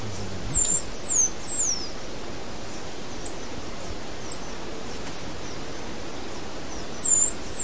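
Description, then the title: Half-collared sparrow song: very high, thin descending whistled notes, a few in quick succession near the start and again at the end, over steady background hiss. "LuckyPassaro Completos2Sama. Half-collared Sparrow (Arremon semitorquatus)"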